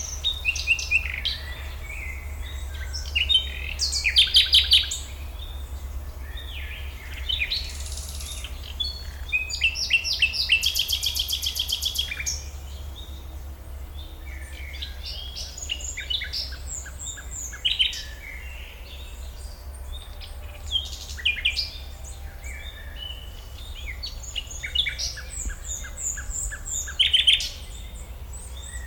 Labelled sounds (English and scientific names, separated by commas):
Common Nightingale (Luscinia megarhynchos)